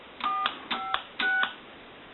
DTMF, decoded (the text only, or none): 456